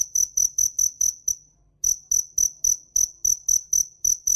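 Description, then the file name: Cricket chirping: quick, high-pitched pulses repeated evenly, stopping briefly for about half a second before resuming at the same pace. "Tieng des keu"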